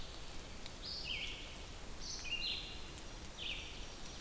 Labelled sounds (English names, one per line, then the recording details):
Red-eyed Vireo song
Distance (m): 45 m
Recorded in boreal forest in Alberta, Canada, on 2 June 2016 at 08:10
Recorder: SongMeter 3, array SBT-3-7
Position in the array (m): 104 m, 126 m